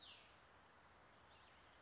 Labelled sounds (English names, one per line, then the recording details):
Cassin's Vireo
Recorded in Sonoma County, California